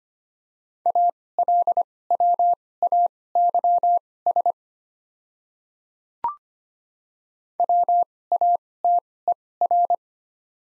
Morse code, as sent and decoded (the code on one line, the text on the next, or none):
.- .-.. .-- .- -.-- ... / .-- .- - . .-.
ALWAYS WATER